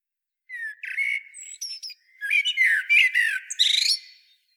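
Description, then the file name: Common blackbird song of varied fluty warbles and slurred notes mixed with high, squeaky twitters, in two phrases separated by a brief pause. "Turdus merula"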